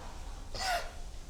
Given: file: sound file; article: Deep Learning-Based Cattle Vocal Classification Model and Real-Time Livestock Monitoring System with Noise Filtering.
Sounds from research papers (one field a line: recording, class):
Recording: cattle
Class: cough sound